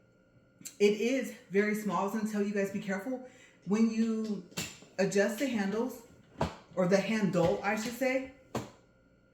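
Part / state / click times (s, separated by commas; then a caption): telescoping handle in a hard-sided suitcase / seated / 8.5 s. Someone talks while adjusting the telescoping handle of a Pelican ATX hard-sided suitcase. A sharp click at 8.6 s is heard as the handle locks into place at a height setting.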